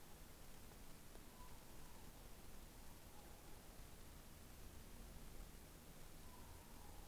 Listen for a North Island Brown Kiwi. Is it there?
no